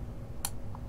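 A combination lock chamber, reset to its factory combination, is pushed back into the housing of a black Supra 000604 KeySafe dial combination over-the-door key box. It snaps into place with a sharp click at 0.5 s, followed by a fainter tick at 0.8 s. The chamber is seated.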